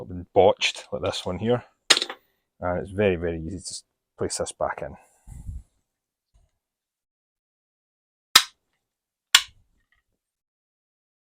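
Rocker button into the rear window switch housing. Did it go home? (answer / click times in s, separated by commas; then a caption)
yes / 8.4 s, 9.4 s. Someone talks while a replacement plastic rocker button is readied for the rear window switch body of an S197 convertible whose rear windows are not working, because the old button was botched. After a quiet pause, the button is pressed onto the switch housing with two sharp, bright clicks at 8.4 s and 9.4 s, and it is seated.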